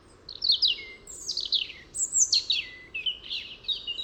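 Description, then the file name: European robin singing a continuous stream of high, rich warbled phrases with quick downward slurs, over soft background hiss. "Erithacus rubecula"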